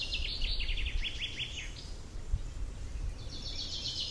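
Bird giving quick runs of high sharp chirps, a pause, then another trill, with low rumbling noise and a knock.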